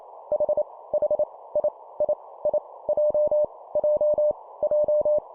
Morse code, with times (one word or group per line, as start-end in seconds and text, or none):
0.3-0.6 H
0.9-1.2 H
1.6-1.7 I
2.0-2.1 I
2.5-2.6 I
2.9-3.4 J
3.8-4.3 J
4.6-5.2 J